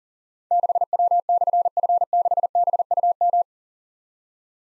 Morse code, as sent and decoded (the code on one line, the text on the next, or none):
-.... .-- -..-. ..-. -.... -... ..- --
6W/F6BUM